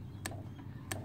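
A click-type torque wrench set to 7 foot-pounds is re-applied to an already tightened spark plug in a scooter engine cylinder head. Two sharp clicks sound at 0.3 s and 0.9 s over a low background hum. The wrench clicks again at its setting and the plug won't turn further, confirming it is at torque.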